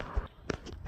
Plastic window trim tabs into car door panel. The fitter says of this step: Push them in until you hear a little snap. Perfect